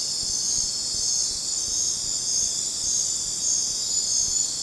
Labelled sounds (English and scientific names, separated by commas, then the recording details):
none
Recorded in dense forest near Puerto Asís, Putumayo, Colombia, on 21 December 2024 at 20:30
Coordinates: 0.466, -76.327
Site G075